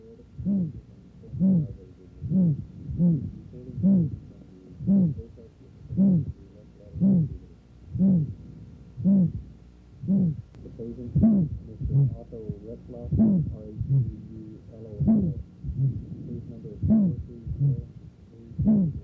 Aortic valve stenosis heard from the apex. The murmur has a higher frequency and more pure quality. In this instance, this is known as Gallivardin's disassociation, which is diagnostic of calcific or acquired aortic valve stenosis.